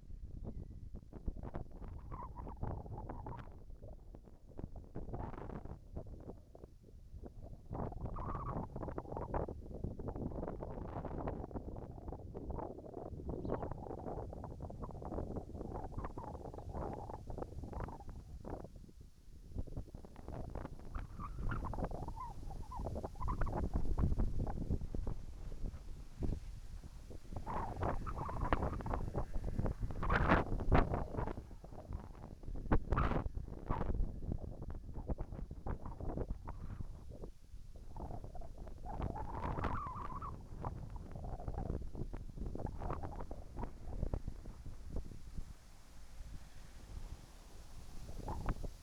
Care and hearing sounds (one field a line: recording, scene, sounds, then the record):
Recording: everyday scene through a hearing-aid microphone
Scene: wind on the microphone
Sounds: wind, whistling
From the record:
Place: in front of a rural house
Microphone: behind the ear, right, rear